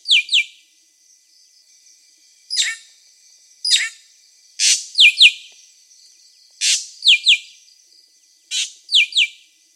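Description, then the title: Drongo song of grating high bursts, some followed by paired falling whistles, repeated every second or two, with a thin continuous hiss in the background. "Suara Srigunting. Hobiburung. suara burung srigunting"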